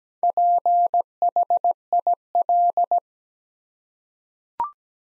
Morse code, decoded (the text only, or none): PHIL